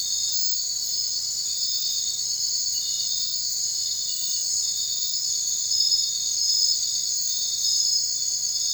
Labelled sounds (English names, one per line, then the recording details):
none
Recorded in secondary vegetation near Puerto Asís, Putumayo, Colombia, on 29 June 2025 at 01:30
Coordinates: 0.499, -76.323
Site G077